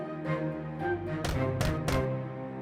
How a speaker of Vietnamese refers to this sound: Con sói gian xảo gõ cửa lần thứ ba.